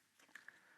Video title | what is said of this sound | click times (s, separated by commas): Which Karcher window vac to BUY? | So just click this in place like this. | 0.4 s, 0.5 s